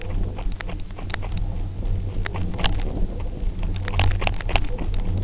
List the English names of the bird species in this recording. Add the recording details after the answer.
none. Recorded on Arctic tundra, site UTQI-0, on 29 June 2018. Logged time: 08:00